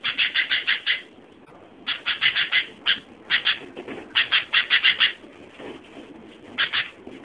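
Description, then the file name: Sooty-headed bulbul giving bursts of several quick bright notes separated by short pauses. "suara burung kutilang"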